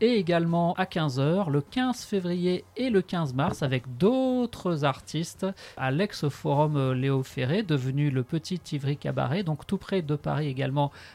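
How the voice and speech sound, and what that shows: An adult speaks French with a normal voice, in fluent, conversational speech with a few short pauses.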